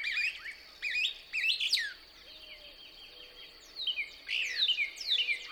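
Couch's Kingbird song, with high twittering phrases of sharp falling notes in a few early bursts and more toward the end, plus faint low whistles and a steady high drone.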